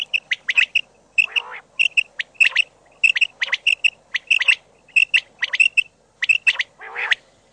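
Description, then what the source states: Common quail call: quick phrases of crisp, liquid notes, repeated many times, with two lower rasping notes. Filtered audio.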